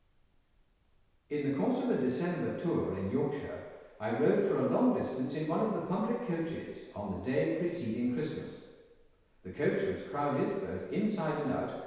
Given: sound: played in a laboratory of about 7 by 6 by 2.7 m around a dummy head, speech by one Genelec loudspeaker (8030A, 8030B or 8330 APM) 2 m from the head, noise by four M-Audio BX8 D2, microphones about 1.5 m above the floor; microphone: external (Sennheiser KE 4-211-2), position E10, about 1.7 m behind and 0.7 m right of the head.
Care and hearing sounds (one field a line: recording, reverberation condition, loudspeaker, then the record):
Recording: male speech in English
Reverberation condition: high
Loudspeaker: 90 degrees to the right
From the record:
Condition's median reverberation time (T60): about 1300 ms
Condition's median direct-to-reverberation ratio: about -4.0 dB